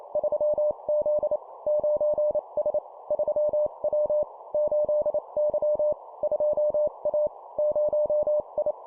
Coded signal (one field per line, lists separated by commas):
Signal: Morse code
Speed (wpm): 28 wpm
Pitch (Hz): 600 Hz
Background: none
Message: 3Z 9S 3W 8Y 2A 0I